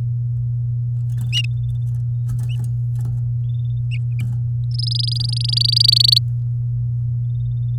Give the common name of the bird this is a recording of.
Domestic Canary